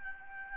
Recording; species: mosquito wingbeat signal from an infrared sensor; Aedes albopictus